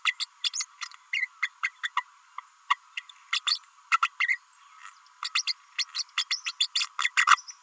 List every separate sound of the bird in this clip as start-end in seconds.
0.05-0.15, 0.20-0.26, 0.43-0.50, 0.53-0.65, 0.81-0.86, 1.13-1.28, 1.42-1.49, 1.63-1.71, 1.83-1.90, 1.96-2.04, 2.38-2.40, 2.69-2.77, 2.97-3.02, 3.32-3.40, 3.46-3.58, 3.91-3.98, 4.02-4.09, 4.20-4.39, 5.24-5.29, 5.34-5.43, 5.47-5.53, 5.78-5.85, 6.17-6.24, 6.30-6.41, 6.43-6.52, 6.60-6.67, 6.75-6.86, 6.98-7.11, 7.17-7.25, 7.27-7.36